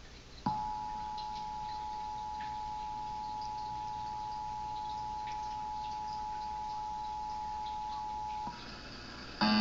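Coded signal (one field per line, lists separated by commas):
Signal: Emergency Alert System (SAME) tones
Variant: 853 and 960 Hz attention tone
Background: music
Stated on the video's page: Real FEMA national EAS test, recorded on an Android phone.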